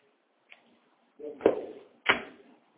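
knocking on a door

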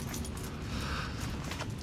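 keys jangling

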